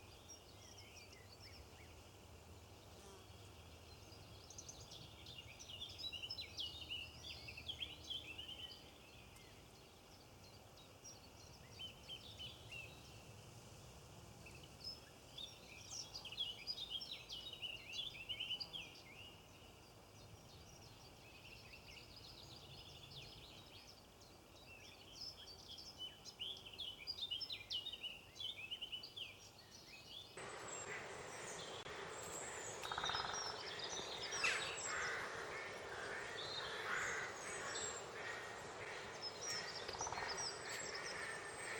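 Goldfinch twittering comes in quick, bright bursts of chirps and trills, recurring every few seconds over a steady low hiss. After about thirty seconds the sound changes abruptly: the background grows louder and fuller, while the busy chattering calls continue.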